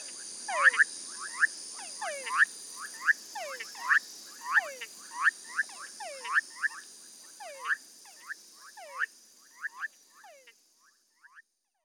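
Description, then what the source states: Tree frogs calling in a chorus: short clicky notes near mid pitch, many with downward-sliding tails, overlapping at a quick irregular pace, thinning out and stopping shortly before the end, over a high-pitched background hiss. Several tree frogs recorded with a parabolic microphone; mixed excerpt.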